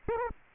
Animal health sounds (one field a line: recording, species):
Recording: mosquito wingbeat signal from an infrared sensor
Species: Aedes aegypti